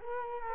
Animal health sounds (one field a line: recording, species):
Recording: mosquito wingbeat signal from an infrared sensor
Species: Culex quinquefasciatus